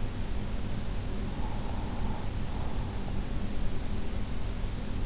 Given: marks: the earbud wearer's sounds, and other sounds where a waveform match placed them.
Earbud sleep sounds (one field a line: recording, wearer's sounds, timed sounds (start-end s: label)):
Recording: sounds in sleep by an in-ear microphone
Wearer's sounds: breath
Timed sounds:
0.74-3.54 s: breath